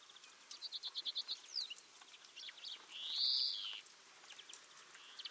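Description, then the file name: European greenfinch calling: a quick series of bright repeated chirps, then a long drawn-out buzzy wheeze, followed by a few more short twittering notes. "Chloris chloris"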